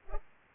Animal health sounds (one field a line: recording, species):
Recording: mosquito wingbeat signal from an infrared sensor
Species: Culex pipiens